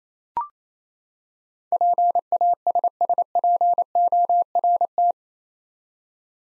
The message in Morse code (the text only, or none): PASSPORT